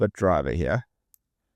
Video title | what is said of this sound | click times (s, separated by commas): Kaliber Titan Multitool Review | that locks in place. | 1.1 s